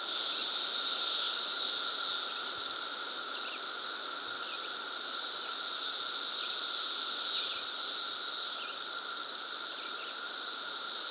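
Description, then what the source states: Periodical cicadas in dense chorus: a steady droning hum with a continuous high hiss above it, swelling and fading slightly over several seconds. Cicada chorus during the 2024 emergence at Fox Ridge Bluff, recorded at 3:52 PM on Memorial Day 2024.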